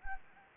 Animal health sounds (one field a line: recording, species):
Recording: mosquito wingbeat signal from an infrared sensor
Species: Anopheles gambiae